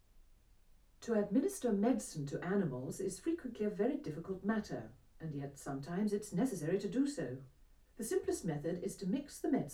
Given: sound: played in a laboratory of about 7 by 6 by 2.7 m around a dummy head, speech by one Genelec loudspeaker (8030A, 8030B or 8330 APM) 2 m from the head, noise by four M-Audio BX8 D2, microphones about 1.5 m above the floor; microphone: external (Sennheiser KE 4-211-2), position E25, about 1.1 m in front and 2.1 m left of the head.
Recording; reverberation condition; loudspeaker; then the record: female speech in English; low; 120 degrees to the right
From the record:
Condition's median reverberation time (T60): about 310 ms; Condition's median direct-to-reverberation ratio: about 3.5 dB